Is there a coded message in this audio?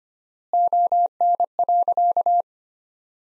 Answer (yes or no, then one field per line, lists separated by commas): yes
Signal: Morse code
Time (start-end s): 0.5-2.4 s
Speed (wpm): 25 wpm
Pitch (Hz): 700 Hz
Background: none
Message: ON.